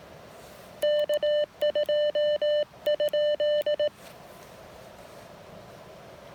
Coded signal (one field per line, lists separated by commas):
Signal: Morse code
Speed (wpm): 18 wpm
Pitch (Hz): 3000 Hz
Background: none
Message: K2?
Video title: POTA Activation with the Elecraft KX1, KX2, and an antenna that was too short